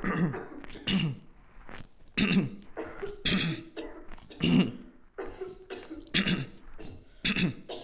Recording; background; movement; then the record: throat clearing; a bystander coughing; sitting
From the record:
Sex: male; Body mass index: 22.0 kg/m2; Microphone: on the chest, facing the body